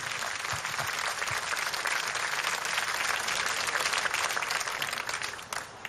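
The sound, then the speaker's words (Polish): Sustained audience applause for the Teatr Muzyczny od Czapy, a dense, steady wash of many hands clapping at an even loudness that briefly dips near the end before resuming. “Wielkie brawa.”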